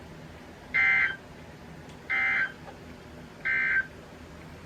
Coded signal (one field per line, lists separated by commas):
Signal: Emergency Alert System (SAME) tones